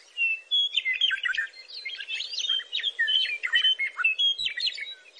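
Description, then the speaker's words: Meadowlark song, a rich, continuous run of warbled and whistled notes. Heralds spring and announces the change of the seasons. "Over time, Inslee grew to love the meadowlark's song, not only for its melody, but for how it connected him to the natural world."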